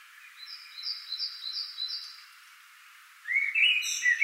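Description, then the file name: Common blackbird song: a short fluty, warbling phrase near the end with a squeaky twitter, after a run of repeated high, even notes. "Turdus merula"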